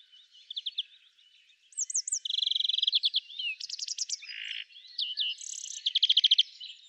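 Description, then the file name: European greenfinch twittering song mixing fast rattled trills, looping whistled notes and a brief buzzy note, delivered in quick continuous bursts. "Chloris chloris"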